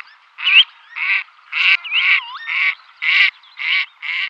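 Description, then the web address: Gadwall calling a steady series of about eight nasal, buzzy quacks, roughly two per second. Female giving flight calls. "Schulze Peter Gadwall female flightcalls"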